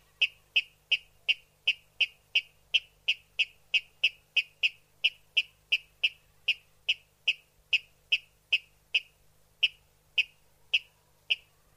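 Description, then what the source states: Water rail calls: a long, even series of sharp, clicking kip notes, about two to three per second, with a short pause near the end before the notes resume. Played back; recording used for a playback survey protocol in France.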